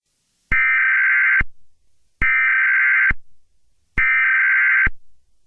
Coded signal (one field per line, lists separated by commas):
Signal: Emergency Alert System (SAME) tones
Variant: header bursts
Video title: EAS scenario 6 (Easter special): The Easter bunny killer